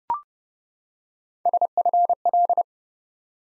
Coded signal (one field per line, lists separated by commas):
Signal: Morse code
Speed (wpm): 31 wpm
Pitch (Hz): 700 Hz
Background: none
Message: SFL